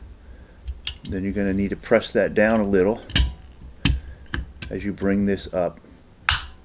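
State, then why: Seated. Someone talks while reassembling a Canik METE MC9 9mm pistol magazine, sliding the floor plate up along the side notches of the magazine body while a thumb holds the spring and insert down. A few short handling clicks sound around 0.9 s, 3.9 s and 4.3 s, and at 6.3 s the floor plate snaps into place with a single sharp, loud click, seated.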